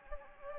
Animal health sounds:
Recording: mosquito wingbeat signal from an infrared sensor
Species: Anopheles gambiae

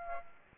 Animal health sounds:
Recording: mosquito wingbeat signal from an infrared sensor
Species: Aedes aegypti

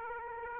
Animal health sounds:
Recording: mosquito wingbeat signal from an infrared sensor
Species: Aedes aegypti

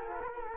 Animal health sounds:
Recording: mosquito wingbeat signal from an infrared sensor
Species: Culex quinquefasciatus

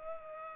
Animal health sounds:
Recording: mosquito wingbeat signal from an infrared sensor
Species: Culex pipiens

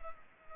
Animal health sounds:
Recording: mosquito wingbeat signal from an infrared sensor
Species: Culex pipiens

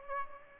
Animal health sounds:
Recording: mosquito wingbeat signal from an infrared sensor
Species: Aedes albopictus

